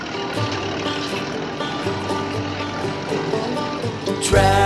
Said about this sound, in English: Let's sing and dance to the tractor song again, but this time with real tractors.